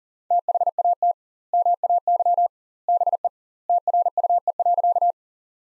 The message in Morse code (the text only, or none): THAT MAY BE TRUE.